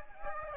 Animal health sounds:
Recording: mosquito wingbeat signal from an infrared sensor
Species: Aedes aegypti

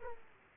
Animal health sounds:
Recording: mosquito wingbeat signal from an infrared sensor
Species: Aedes aegypti

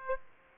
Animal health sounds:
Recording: mosquito wingbeat signal from an infrared sensor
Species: Aedes aegypti

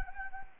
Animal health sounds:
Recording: mosquito wingbeat signal from an infrared sensor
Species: Anopheles gambiae

